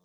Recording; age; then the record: pig call; piglet (1 to 25 days)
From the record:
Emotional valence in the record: positive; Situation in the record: short reunion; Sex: male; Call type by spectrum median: low-frequency call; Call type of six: low-frequency tonal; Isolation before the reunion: 3 minutes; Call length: 0.06 s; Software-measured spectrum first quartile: 255 Hz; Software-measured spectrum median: 757 Hz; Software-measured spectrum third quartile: 4342 Hz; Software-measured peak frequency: 174 Hz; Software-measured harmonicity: 6.5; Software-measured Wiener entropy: -3.29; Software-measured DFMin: 1091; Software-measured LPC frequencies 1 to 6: 1086, 3490, 5237, 6107, 7254, 8101 Hz